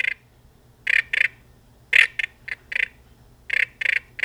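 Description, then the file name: Sauter's frog giving brief grating notes in pairs and short clusters, separated by gaps of about half a second to a second, with faint low background hum. "Rana sauteri"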